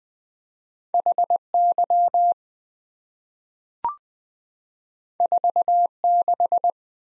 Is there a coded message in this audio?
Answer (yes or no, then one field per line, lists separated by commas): yes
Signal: Morse code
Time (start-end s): 0.9-6.7 s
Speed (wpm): 20 wpm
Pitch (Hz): 700 Hz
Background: none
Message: HY 46